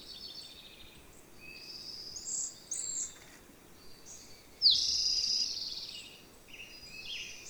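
Bird song of scattered high, thin chirps and short trills, quieter at first, with one loud, sharply sweeping note midway.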